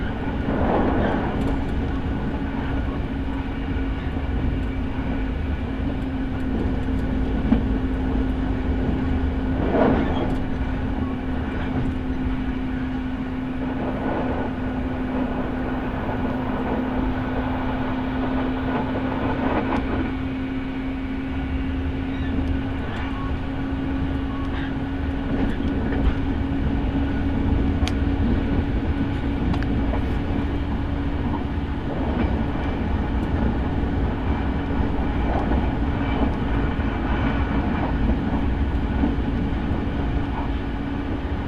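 A train ride, heard as a steady low rumble that fills the whole stretch without letup. A constant hum holds a single pitch throughout, rising slightly in the later half. Brief knocks and clatters surface every few seconds, sharper around 1, 10, 14 and 20 seconds.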